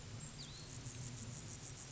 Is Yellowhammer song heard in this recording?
no